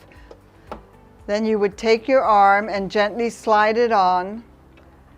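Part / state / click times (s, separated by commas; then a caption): embroidery arm onto embroidery machine base / not seated / none. An embroidery arm is handled and slid onto the base of a BabyLock Pathfinder embroidery-only machine with the machine switched off, while someone talks. A few faint short ticks occur near the start and end. Nothing has seated or clicked yet.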